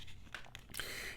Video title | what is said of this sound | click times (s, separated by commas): So Many New Knives To Check Out - One Is Insane! | uh really good retention there nice positive click no rattle | 0.8 s